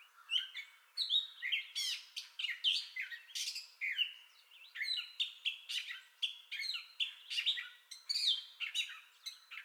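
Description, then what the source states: Gray catbird song: a nonstop medley of short mewing, scratchy and whistled notes, changing pitch and tone from phrase to phrase. Entire song bout recorded 2021-05-30.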